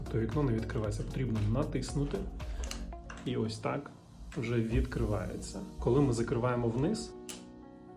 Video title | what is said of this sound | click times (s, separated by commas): Захист на вікна для дітей - ручка з ключиком #захистнавікнадлядітей | почули, вона клацнула. | 7.3 s